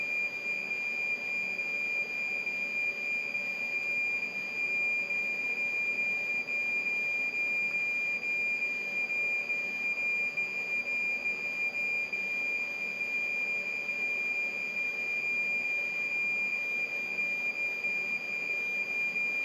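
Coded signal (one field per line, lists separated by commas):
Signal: computer data on cassette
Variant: MSX, 2400 baud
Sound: continuous high buzzer tone with faint brief glitches, over steady hiss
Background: electrical hiss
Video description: He conectado el Buzzer del MegaDuino para que se escuchen los "pitidos" de carga.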